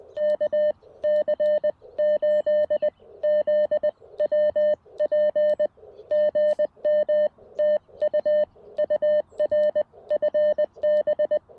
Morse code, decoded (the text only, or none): KC8ZWP GM TU UR FB